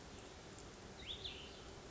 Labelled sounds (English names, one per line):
Cassin's Vireo